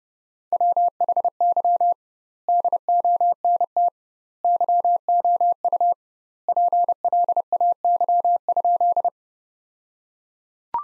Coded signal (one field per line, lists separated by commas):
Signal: Morse code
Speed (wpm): 30 wpm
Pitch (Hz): 700 Hz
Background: none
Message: WHY DONT YOU PLAY?